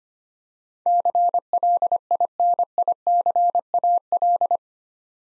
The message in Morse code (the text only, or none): CLINICAL